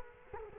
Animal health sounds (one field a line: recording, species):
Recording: mosquito wingbeat signal from an infrared sensor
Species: Culex quinquefasciatus